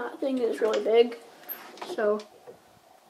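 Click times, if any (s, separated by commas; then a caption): none. During a monthly fire alarm inspection, a large fitting is handled as it is about to be pushed onto the fire alarm test equipment; unlike the small drill-bit piece that comes off easily, this fitting snaps on and then does not come off. Someone talks through most of the clip, followed by faint handling noise. Nothing has seated or snapped on yet.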